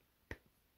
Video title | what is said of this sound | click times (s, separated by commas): DC Multiverse Mcfarlane Toys Plastic Man Wave Keeping it Real (Tipsy) Review | yeah that that popped on pretty good | 0.3 s